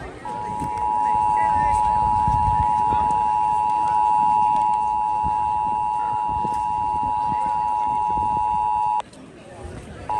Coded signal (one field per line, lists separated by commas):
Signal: Emergency Alert System (SAME) tones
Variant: 853 and 960 Hz attention tone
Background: speech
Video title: FIRST LOS ANGELES COUNTY MONTHLY EAS TEST WITH ROBERT LUNA (3/28/23) (EAS #918)